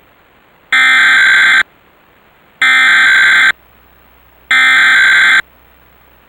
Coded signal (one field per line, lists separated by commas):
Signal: Emergency Alert System (SAME) tones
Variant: header bursts